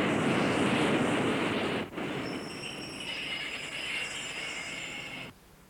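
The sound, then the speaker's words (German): A subway train rolls in with a steady loud rumble, high metallic wheel squeals rising over it before the roar cuts off abruptly near the end. No one speaks. “Das ist eine U-Bahn.”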